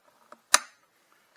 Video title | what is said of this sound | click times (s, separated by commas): How To install RV Toilet Valve on Dometic 310:320:or300 | it'll snap right in place | 0.5 s